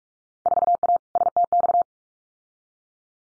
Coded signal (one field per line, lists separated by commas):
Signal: Morse code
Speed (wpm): 44 wpm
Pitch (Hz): 700 Hz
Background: none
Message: 4A STX